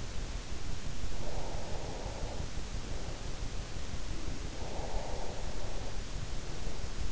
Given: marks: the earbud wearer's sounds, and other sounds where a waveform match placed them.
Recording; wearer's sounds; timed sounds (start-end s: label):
sounds in sleep by an in-ear microphone; breath
0.87-2.78 s: breath
4.08-5.72 s: breath